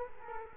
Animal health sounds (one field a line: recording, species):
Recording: mosquito wingbeat signal from an infrared sensor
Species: Culex quinquefasciatus